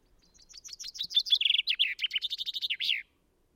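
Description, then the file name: Common chaffinch delivering a single cascading song phrase, sharp repeated notes tumbling downward into a fast trill and closing with a clear terminal flourish. "Fringilla coelebs"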